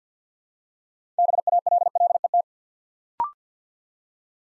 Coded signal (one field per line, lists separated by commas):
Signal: Morse code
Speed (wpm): 50 wpm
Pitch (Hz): 700 Hz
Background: none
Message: BALLET